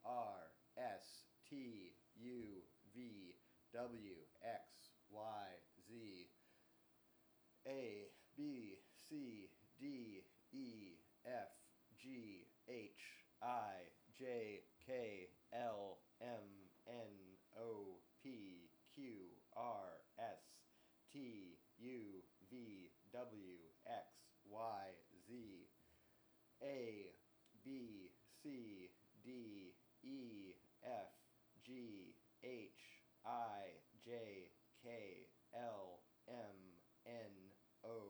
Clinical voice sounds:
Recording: letters of the alphabet, spoken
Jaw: free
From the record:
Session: seven days later

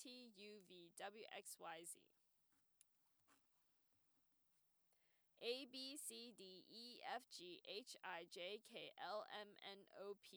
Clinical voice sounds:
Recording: letters of the alphabet, spoken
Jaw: free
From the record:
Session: first day, before the bite bar

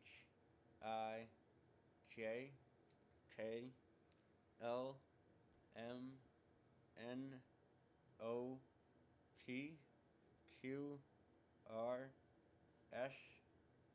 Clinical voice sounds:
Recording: letters of the alphabet, spoken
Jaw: constrained by a bite bar between the teeth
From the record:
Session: first day, right after the free take

